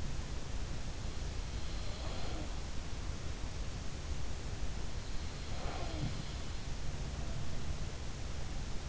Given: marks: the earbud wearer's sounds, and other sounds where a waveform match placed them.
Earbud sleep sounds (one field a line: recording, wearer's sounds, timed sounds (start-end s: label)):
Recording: sounds in sleep by an in-ear microphone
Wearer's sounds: breath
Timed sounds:
1.75-2.51 s: breath
2.19-2.51 s: sound from someone else or the room
5.52-6.15 s: sound from someone else or the room